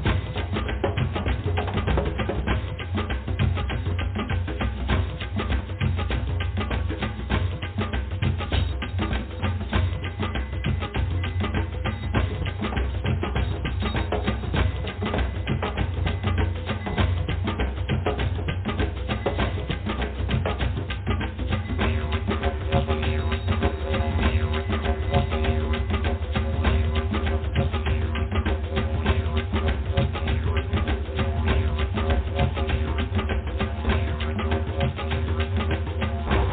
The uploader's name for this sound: DRUMMING